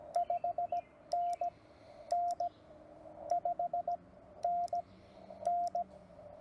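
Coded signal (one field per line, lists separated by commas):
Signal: Morse code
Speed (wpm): 17 wpm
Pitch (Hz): 700 Hz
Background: radio noise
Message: 5NN 5NN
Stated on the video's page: Morse sent during a park activation from a TR45L Skinny radio with a Bamatech TP III key into an MC-750 vertical whip with four radials, mistakes included.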